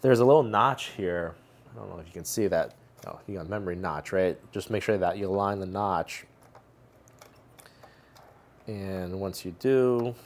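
Someone talks while lining up the notch of a second DDR4 SODIMM memory stick with the laptop-style memory slot on the mainboard of a QNAP TVS-882ST3 NAS before pushing it in. Faint handling ticks are heard between about 6.5 and 7.7 s during a pause in the talk. Nothing has seated or clicked yet.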